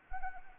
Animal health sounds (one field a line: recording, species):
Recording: mosquito wingbeat signal from an infrared sensor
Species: Anopheles arabiensis